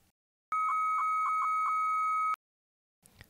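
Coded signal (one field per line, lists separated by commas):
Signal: 300-baud modem data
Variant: Bell 103, 300 baud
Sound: two steady whistling tones with five brief warbling chirps in the lower tone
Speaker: this would be the audio for sending from the originating modem to the answering modem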